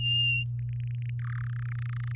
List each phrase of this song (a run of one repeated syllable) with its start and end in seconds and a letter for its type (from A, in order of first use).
0.00-0.44 A, 0.59-1.10 B, 1.19-1.42 C, 1.44-2.15 D